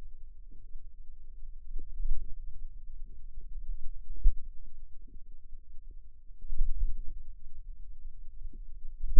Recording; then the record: forearm muscle sounds (acoustic myography)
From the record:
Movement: pen grasping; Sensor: system 2, bracelet of six BSWA MPA416 microphones around the upper forearm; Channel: 1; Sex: female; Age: 22 years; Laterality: right